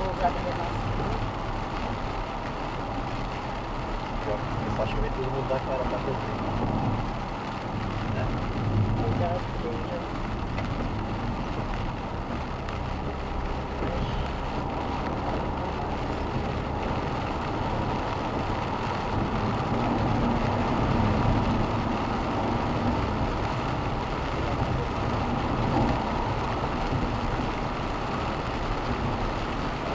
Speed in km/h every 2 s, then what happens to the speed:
88, 85, 82, 80, 74, 72, 76, 82, 90, 94, 96, 97, 99, 100, 100.
0-10 slows to 72. 10-19 speeds up to 96. 19-30 steady at about 99.